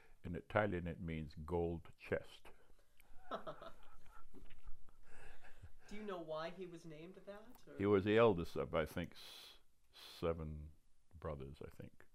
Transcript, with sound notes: In Italian, it means gold chest. [laughter]
Do you know why he was named that or —
He was the eldest of, I think, s — seven brothers, I think.